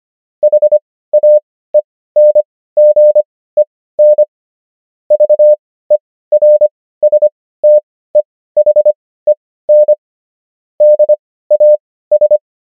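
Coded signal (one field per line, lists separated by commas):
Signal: Morse code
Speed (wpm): 25 wpm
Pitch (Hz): 600 Hz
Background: none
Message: HAENGEN VERSTEHEN DAS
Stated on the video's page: Morse practice of the 500 most common German words, Farnsworth spacing: 25 wpm characters, 16 wpm overall.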